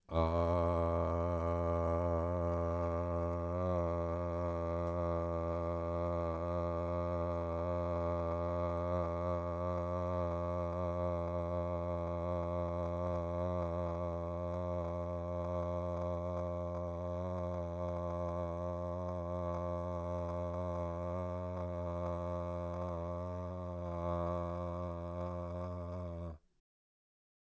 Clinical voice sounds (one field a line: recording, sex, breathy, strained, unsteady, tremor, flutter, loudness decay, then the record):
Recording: sustained vowel /a/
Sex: male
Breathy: absent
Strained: absent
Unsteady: present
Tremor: absent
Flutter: absent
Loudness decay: absent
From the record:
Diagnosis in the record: Parkinson's disease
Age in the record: 65 years